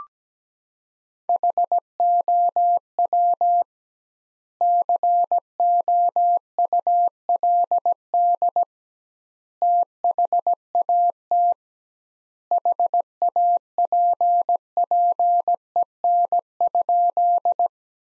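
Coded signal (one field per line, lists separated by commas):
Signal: Morse code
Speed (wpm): 17 wpm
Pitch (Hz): 700 Hz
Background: none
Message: HOW COULD THAT HAPPEN?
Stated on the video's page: Morse sentence practice built from the top 400 words at 17 wpm, with twice the standard word spacing, similar to Farnsworth.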